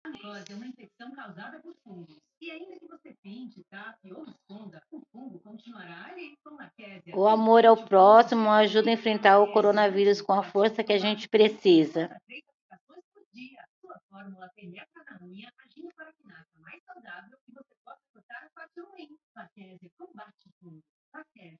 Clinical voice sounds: spoken sentence; Brazilian Portuguese; female; 40 to 49 years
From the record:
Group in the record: control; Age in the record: 45 years

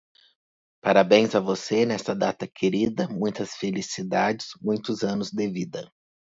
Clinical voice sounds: short text; Brazilian Portuguese; male; 30 to 39 years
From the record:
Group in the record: control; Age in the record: 33 years

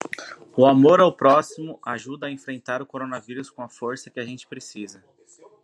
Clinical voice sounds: spoken sentence; Brazilian Portuguese; male; 20 to 29 years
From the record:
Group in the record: control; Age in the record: 22 years

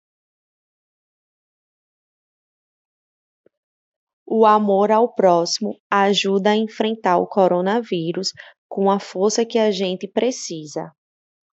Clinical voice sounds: spoken sentence; Brazilian Portuguese; female; 30 to 39 years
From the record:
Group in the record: control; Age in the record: 30 years

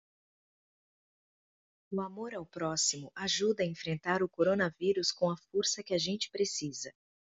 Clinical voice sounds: spoken sentence; Brazilian Portuguese; female; 30 to 39 years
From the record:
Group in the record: control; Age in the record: 39 years

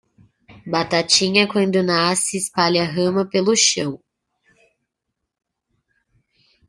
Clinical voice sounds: short text; Brazilian Portuguese; female; 20 to 29 years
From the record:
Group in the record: control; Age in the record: 25 years

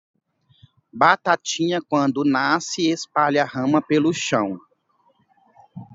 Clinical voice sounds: short text; Brazilian Portuguese; male; 40 to 49 years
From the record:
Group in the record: control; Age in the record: 41 years

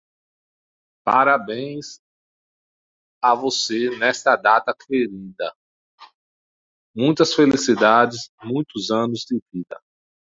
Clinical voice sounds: short text; Brazilian Portuguese; male; 40 to 49 years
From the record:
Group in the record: control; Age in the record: 41 years

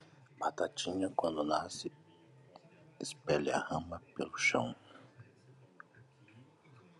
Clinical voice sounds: short text; Brazilian Portuguese; male; 40 to 49 years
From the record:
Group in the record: control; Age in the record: 42 years

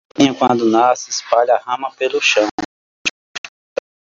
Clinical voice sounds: short text; Brazilian Portuguese; male; 40 to 49 years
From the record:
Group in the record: control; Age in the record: 43 years

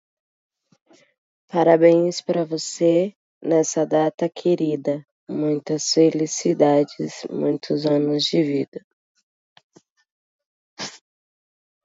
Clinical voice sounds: short text; Brazilian Portuguese; female; 20 to 29 years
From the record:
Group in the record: control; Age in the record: 28 years

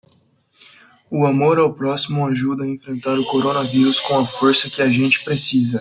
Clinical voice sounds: spoken sentence; Brazilian Portuguese; male; 20 to 29 years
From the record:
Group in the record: control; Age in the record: 23 years

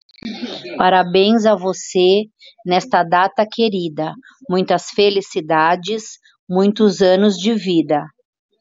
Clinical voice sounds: short text; Brazilian Portuguese; female; 40 to 49 years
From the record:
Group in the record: control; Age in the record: 44 years

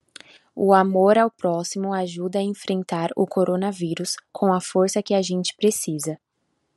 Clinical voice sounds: spoken sentence; Brazilian Portuguese; female; 20 to 29 years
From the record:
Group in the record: control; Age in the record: 20 years

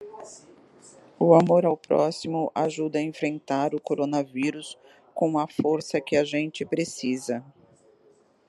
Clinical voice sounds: spoken sentence; Brazilian Portuguese; female; 50 to 59 years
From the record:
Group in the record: control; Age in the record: 53 years

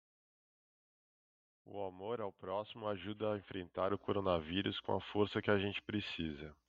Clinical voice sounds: spoken sentence; Brazilian Portuguese; male; 40 to 49 years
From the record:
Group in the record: control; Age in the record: 43 years

